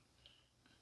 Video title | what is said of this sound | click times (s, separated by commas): Goat Guns 1/3 Scale Miniature Diacast RPK Rifle Review! | right it's just going to push into this the right side of the gun then you can flip it down and lock it all | 0.3 s